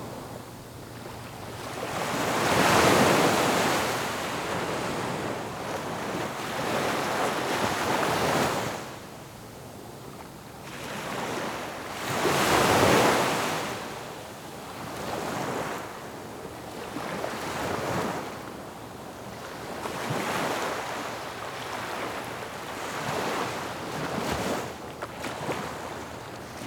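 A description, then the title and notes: Gentle waves wash in on the Gulf of Mexico, with swells peaking around 3 and 13 seconds and smaller ones rolling through every few seconds after. Between surges a soft, hissing wash lingers, and a low wind rumble sits underneath throughout. Gulf of Mexico Gentle Waves Ambience.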